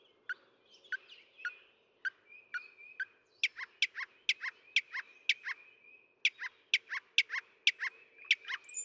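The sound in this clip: Northern mockingbird song: a long run of sharp clipped notes, loosely spaced at first and then quickening, over a faint low steady hum.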